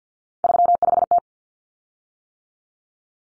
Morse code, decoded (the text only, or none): 35T